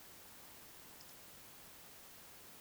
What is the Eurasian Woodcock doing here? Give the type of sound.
whistle